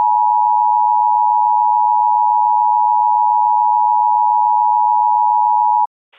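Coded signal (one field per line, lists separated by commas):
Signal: Emergency Alert System (SAME) tones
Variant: 853 and 960 Hz attention tone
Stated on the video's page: Reenactment mock of a severe thunderstorm warning with valid EAS tones, made with edited headers and audio editing.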